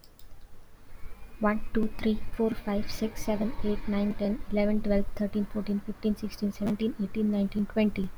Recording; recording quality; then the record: counting at a fast pace; excellent, no background noise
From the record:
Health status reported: healthy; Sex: female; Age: 25 years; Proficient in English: yes